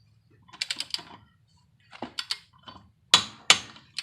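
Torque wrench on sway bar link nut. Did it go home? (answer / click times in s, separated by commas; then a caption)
yes / 3.1 s, 3.5 s. A click-type torque wrench set to about 80 ft-lb tightens a sway bar link nut with a series of short ratcheting clicks. It gives two sharp, loud clicks at 3.1 s and 3.5 s as it reaches the setting, confirming the nut is torqued.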